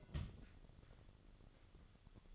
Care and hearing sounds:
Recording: daily activity, microphone in the room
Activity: place on stove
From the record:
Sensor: 4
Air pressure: 1008.8 hPa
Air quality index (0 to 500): 128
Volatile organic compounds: 1 ppm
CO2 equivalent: 935 ppm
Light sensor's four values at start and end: 11/24/9/9 and 11/24/9/9

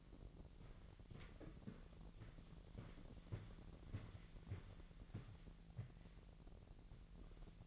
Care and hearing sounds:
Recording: daily activity, microphone in the room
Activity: walk to room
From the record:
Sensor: 4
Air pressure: 1013.2 hPa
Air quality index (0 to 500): 247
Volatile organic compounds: 4 ppm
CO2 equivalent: 1641 ppm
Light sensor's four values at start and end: 37/88/36/36 and 23/56/22/24

